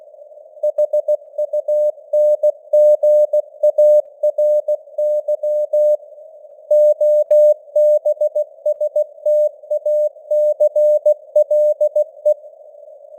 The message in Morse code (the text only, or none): HUNGARY OBSTACLE